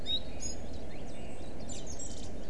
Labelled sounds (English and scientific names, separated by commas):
Common Chiffchaff (Phylloscopus collybita)